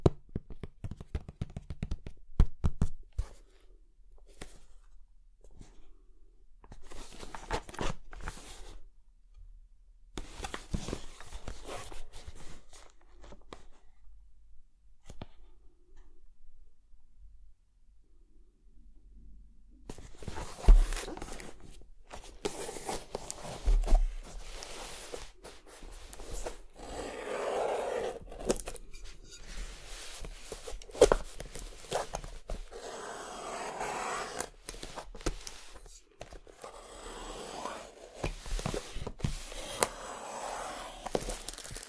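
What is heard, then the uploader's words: Excavation-kit sounds: scattered scraping and crunching bursts, a near-silent stretch mid-clip, then denser, steadier scraping and brushing through the second half. Sounds maked with an excavation kit, like archaeological excavation.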